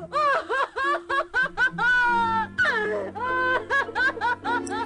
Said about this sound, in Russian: Конёк-горбунок услышал, что Иванушка плачет. Бежит к нему.